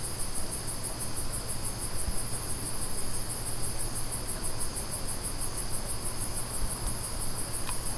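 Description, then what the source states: Insects calling: a high, rapidly pulsing chirp repeated several times a second over a steady high-pitched hum, with low background rumble throughout. New York.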